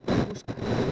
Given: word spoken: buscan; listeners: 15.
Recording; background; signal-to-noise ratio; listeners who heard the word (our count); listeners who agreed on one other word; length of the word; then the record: one Spanish word in noise, from a listening test; noise modulated by one talker; -10.5 dB; 0 of 15; 11 of 15; 0.52 s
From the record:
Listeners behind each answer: 11, 2, 1, 1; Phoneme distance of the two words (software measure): 7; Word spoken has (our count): 2 syllables, 6 phonemes, stress on syllable 1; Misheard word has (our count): 2 syllables, 5 phonemes, stress on syllable 1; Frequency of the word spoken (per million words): 25.50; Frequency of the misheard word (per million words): 100.15